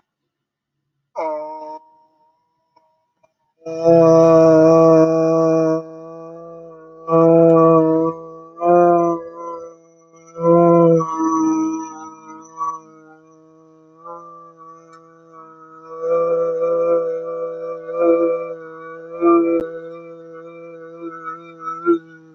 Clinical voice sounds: vowel held as long as possible; male; 20 to 29 years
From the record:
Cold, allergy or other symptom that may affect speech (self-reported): no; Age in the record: 21 years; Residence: United States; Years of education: 16

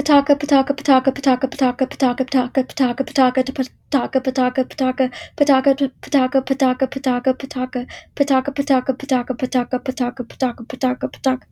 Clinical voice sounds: repeated syllables /pa ta ka/; female; 20 to 29 years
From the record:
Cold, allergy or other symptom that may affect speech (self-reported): no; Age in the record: 23 years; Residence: California, United States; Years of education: 16

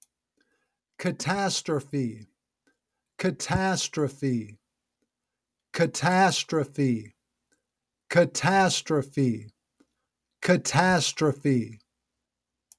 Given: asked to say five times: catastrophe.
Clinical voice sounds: repeated word; male; 50 to 59 years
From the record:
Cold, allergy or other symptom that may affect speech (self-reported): no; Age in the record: 50 years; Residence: Missouri, United States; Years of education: 16

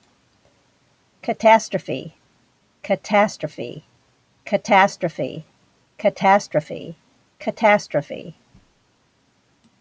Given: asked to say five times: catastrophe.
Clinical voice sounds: repeated word; female; 70 to 79 years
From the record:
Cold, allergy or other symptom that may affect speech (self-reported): no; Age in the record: 72 years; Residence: Illinois, United States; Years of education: 17

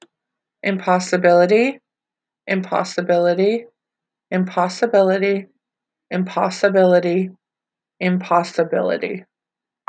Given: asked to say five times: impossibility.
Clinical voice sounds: repeated word; female; 20 to 29 years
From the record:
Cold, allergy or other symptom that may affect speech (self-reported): no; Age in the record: 27 years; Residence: United States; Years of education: 12

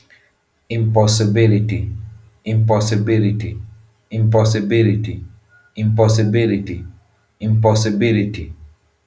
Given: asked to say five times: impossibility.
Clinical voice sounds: repeated word; male; 30 to 39 years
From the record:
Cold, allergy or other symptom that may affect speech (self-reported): no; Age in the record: 30 years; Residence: United States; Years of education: 16

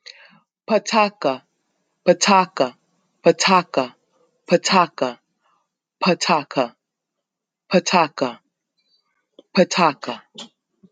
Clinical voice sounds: repeated syllables /pa ta ka/; male; 40 to 49 years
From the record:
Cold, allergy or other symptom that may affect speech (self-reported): no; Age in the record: 49 years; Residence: New Jersey, United States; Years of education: 12

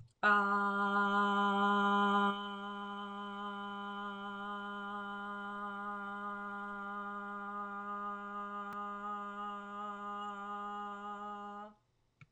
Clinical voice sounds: vowel held as long as possible; female; 50 to 59 years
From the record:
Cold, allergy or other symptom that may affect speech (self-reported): no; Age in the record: 55 years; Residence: Georgia, United States

